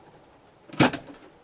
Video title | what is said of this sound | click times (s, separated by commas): Premium Internet im WOHNMOBIL - Einbau der neuen GIBAnet im CARADO I447 - mit VERLOSUNG - | hat klicken gehört | 0.9 s